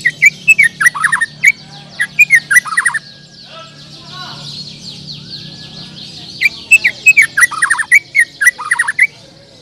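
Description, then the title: Bird song of quick, twittering downslurred notes with high clicking accents, two busy phrases separated by a quieter stretch, a low hum in the background. "Kicau Burung"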